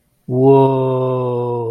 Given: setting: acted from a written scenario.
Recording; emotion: vocal sound without words; awe